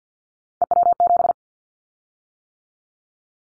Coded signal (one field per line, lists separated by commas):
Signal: Morse code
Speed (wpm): 50 wpm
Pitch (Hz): 700 Hz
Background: none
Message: EW7